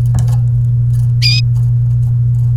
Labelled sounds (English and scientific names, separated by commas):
Domestic Canary (Serinus canaria) song